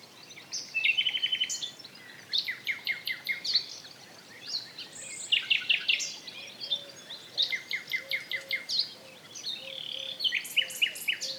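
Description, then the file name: Common nightingale pouring out repeated-note trills and loud chattering phrases, while a soft low piping note repeats regularly in the background during the second half. "Luscinia megarhynchos"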